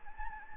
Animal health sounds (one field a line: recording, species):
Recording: mosquito wingbeat signal from an infrared sensor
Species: Anopheles gambiae